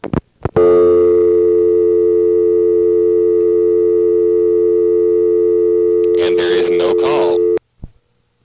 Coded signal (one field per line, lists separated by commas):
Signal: telephone call progress tone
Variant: North America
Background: speech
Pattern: dial tone